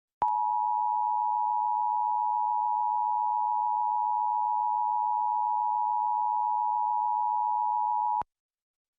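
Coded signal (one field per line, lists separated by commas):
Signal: Emergency Alert System (SAME) tones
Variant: 853 and 960 Hz attention tone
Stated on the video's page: Required Monthly Test aired by a TV station, delayed to a commercial break, with a special slide and crawl.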